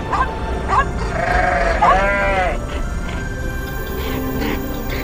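A goat bleats in a long, wavering, nasal cry, preceded by a couple of short calls, then fades into a low steady background hiss.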